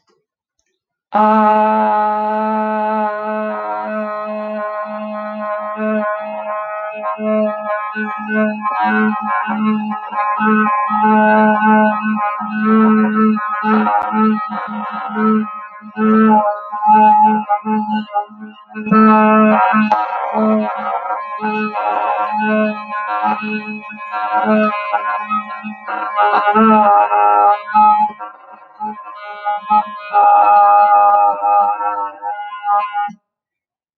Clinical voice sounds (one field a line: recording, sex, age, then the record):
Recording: vowel held as long as possible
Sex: female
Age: 40 to 49 years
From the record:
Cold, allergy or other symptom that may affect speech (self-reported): no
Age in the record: 45 years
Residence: Colorado, United States